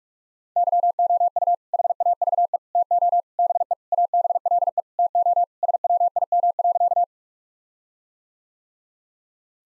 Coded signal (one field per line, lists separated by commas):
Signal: Morse code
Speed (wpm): 41 wpm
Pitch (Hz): 700 Hz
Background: none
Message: YOU HAVE TO BE ABLE TO SWIM.